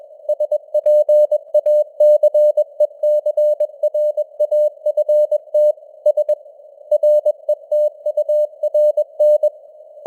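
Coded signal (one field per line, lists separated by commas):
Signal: Morse code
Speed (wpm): 21 wpm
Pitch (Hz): 600 Hz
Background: none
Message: SPACECRAFT S RETURN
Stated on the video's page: Morse code news headlines at 21 wpm with simulated radio noise and varying signal strength (QSB).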